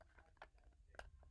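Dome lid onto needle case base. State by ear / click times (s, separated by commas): seated / 1.0 s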